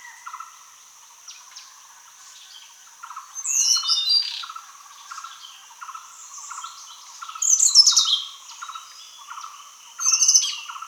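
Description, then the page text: Hill blue flycatcher song: sweet, high warbled phrases with descending slurred notes, given every few seconds over a steady high insect drone and soft rhythmic low pulsing. "Hill Blue Flycatcher Song. Quick Sounds"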